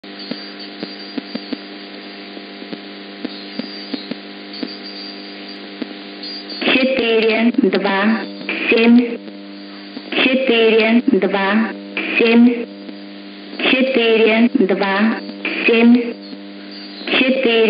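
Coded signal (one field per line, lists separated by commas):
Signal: numbers station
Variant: S06s, Russian female voice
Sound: steady hum, then a woman's voice reading short spoken groups with brief pauses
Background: radio hum and static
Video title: 04 05 2021 Number station S06s Russian Lady in Russian to Eu 0740 on 11655 unknown tx site in CUSB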